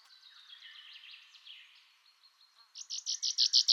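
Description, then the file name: Common chaffinch song, a descending run of chirping notes followed by a loud, rapid series of repeated sharp notes at the end. "Fringilla coelebs"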